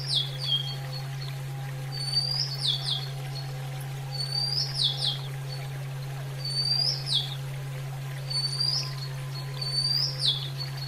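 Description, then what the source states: Oriental magpie-robin singing bright whistles with quick downward slurs, repeating similar phrases every couple of seconds, against a constant low hum. Female bird; Indonesian name kacer betina.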